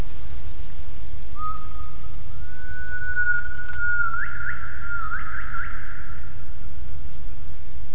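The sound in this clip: Gibbon call: one long whistled tone, held steady and then stepping slightly higher before fading, over constant low rumbling noise.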